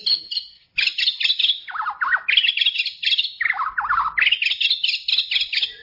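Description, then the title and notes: White-rumped shama singing a rapid medley of high chirps and swooping whistled notes, phrases tumbling one after another almost without pause. Masteran song used to tutor songbirds. "Masteran Murai Batu"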